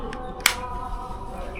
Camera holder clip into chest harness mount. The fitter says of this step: টক করে একটা আওয়াজ হবে, ফিটিংস হয়ে গেল।